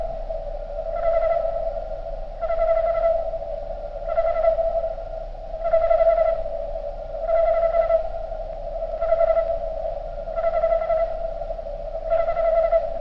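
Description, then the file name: Cricket call slowed down into a steady low tone with harmonic pulses that swell roughly every one and a half seconds, giving a cooing, wavering chorus. "Sound Of Crickets Slowed Down"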